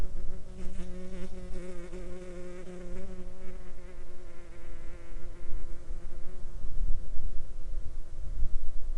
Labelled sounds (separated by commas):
insects